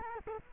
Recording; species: mosquito wingbeat signal from an infrared sensor; Culex quinquefasciatus